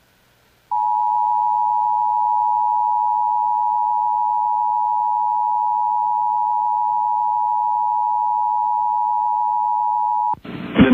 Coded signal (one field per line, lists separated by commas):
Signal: Emergency Alert System (SAME) tones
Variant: 853 and 960 Hz attention tone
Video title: Colorado Wants Some... | EAS Alerts from May 26th, 2023 (EAS #2586-2594)